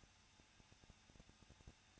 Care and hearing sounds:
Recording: daily activity, microphone in the room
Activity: no activity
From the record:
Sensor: 2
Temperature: 21.0 degrees Celsius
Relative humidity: 37.5%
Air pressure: 1006.2 hPa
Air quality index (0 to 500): 224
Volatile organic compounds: 25 ppm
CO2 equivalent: 2846 ppm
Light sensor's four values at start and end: 2/3/2/2 and 2/3/2/2

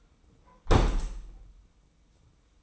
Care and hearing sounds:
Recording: daily activity, microphone in the room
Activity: close window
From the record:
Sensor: 1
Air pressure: 990.3 hPa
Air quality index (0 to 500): 173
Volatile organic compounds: 1000 ppm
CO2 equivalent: 6366 ppm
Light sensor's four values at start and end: 22/49/21/23 and 21/47/20/22

